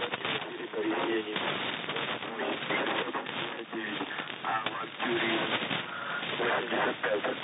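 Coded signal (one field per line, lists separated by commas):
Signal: coded military voice message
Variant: Russian, The Pip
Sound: a male voice reading a message through heavy shortwave noise and fading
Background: radio static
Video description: "The Pip" is a Russian military radiostation that broadcasts on 5448 kHz at daytie and 3756 kHz at nighttime.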